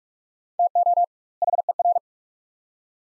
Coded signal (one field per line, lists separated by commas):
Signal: Morse code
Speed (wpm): 43 wpm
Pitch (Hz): 700 Hz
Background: none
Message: TO HER